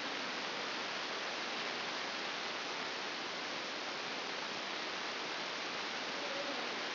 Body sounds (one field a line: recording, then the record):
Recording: brain microelectrode recording played as sound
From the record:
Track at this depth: outside the subthalamic nucleus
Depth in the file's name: 9.104 mm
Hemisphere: left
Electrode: 2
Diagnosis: Parkinson's disease